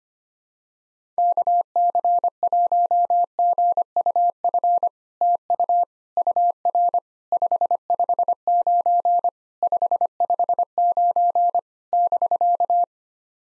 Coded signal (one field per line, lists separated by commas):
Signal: Morse code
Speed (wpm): 25 wpm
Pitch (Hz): 700 Hz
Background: none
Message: KC1GUF TU UR 559 559 <BK>